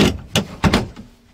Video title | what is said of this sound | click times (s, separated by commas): November Stove-Ember! More Winter Camping in an A-Frame | just comes down like that and locks in place | 0.4 s